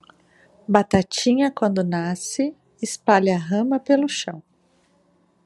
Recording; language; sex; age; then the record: short text; Brazilian Portuguese; female; 40 to 49 years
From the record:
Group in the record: control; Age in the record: 43 years